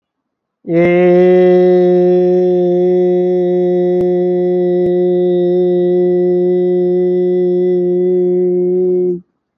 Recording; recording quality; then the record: sustained vowel as in made; excellent, no background noise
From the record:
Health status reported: healthy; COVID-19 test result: not tested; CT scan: not taken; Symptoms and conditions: cough, cold, fever, muscle pain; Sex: male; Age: 34 years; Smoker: no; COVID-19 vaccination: both doses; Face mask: not worn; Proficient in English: yes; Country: India